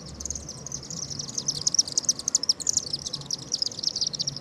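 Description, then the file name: Swift giving a steady stream of piercing, thin, buzzy screams, continuous throughout, with a faint low hum beneath. "Martinet"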